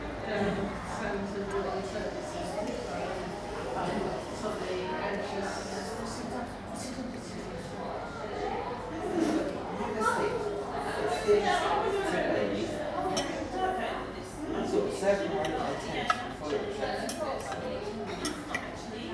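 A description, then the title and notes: A small English tea room at lunchtime, filled with a steady murmur of overlapping conversation from several tables. Voices rise and fall without pause, and short bright clinks of crockery and cutlery cut through now and then, with a sharper knock near sixteen seconds. A small English Tea room at lunchtime. Lunchtime in an English Tea Room.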